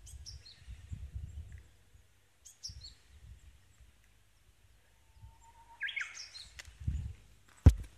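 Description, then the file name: Japanese bush warbler song: a steady low whistle held for under a second, then a quick twisting flourish, with scattered high chirps from other birds and low rumbling noise. Recorded at a temple on May 5. "５月５日前山寺ウグイス"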